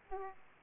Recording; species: mosquito wingbeat signal from an infrared sensor; Aedes aegypti